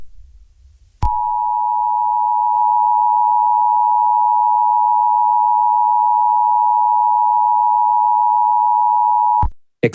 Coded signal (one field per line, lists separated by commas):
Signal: Emergency Alert System (SAME) tones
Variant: 853 and 960 Hz attention tone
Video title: Eas scenario 4. Extreme Heat